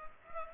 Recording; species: mosquito wingbeat signal from an infrared sensor; Culex pipiens